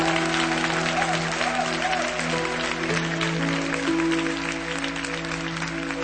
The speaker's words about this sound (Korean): 할렐루야. 우리 하나님께 다시 한번 큰 영광의 박수를 드렸으면 좋겠습니다.